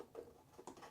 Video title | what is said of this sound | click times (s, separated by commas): Playskool Star Wars Imperial AT-AT Walker Review | you can either feed the string down or it's easier just to pull it down. And that kind of locks into place. | 0.7 s